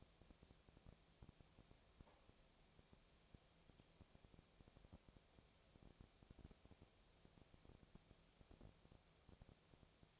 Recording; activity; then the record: daily activity, microphone in the room; no activity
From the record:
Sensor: 1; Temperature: 19.8 degrees Celsius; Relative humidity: 37.9%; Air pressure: 998.8 hPa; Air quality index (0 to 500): 233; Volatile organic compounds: 134 ppm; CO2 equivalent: 3949 ppm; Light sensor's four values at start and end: 1/2/1/1 and 1/2/1/1